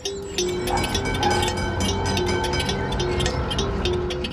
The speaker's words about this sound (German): Um 18.20 Uhr stieg ich in die Straßenbahnlinie 6 ein.